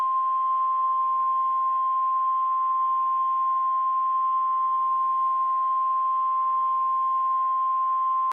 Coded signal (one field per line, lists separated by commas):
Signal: Emergency Alert System (SAME) tones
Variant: 1050 Hz attention tone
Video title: EAS: The Ten Plagues